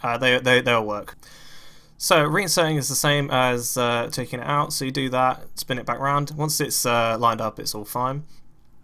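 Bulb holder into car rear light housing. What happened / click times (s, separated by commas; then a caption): Handled, not yet seated: no click from the part / none. A man talks while reinserting the tail/brake light bulb holder into the rear lamp housing of a Peugeot RCZ, twisting it back around until it lines up. No click is heard; the holder has not yet seated, and the top has not popped back in.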